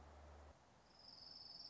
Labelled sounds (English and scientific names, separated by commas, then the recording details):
Orange-crowned Warbler (Leiothlypis celata)
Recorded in Sonoma County, California